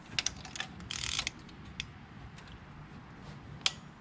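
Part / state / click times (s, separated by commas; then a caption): click torque wrench tightening spark plug into engine cylinder head / torque reached / 3.7 s. A click-type torque wrench set to 18 ft-lb tightens a spark plug into an engine cylinder head, with short bursts of ratcheting in the first second and a half. After a quieter stretch, a single sharp click sounds at 3.7 s as the wrench reaches its torque setting.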